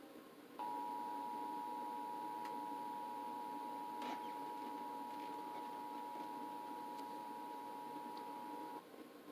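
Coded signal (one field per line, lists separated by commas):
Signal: Emergency Alert System (SAME) tones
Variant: 853 and 960 Hz attention tone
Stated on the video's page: Real EAS National Periodic Test captured off WNLO-TV in Buffalo, New York.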